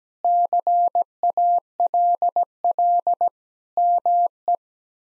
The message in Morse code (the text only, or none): CALL ME